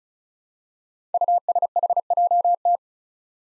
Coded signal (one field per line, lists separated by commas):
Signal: Morse code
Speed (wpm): 36 wpm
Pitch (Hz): 700 Hz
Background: none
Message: USHJT